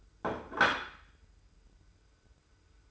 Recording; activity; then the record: daily activity, microphone in the room; place plate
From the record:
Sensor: 2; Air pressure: 990.7 hPa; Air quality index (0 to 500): 152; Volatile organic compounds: 437 ppm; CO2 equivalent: 4730 ppm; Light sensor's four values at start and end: 27/65/26/26 and 27/65/26/26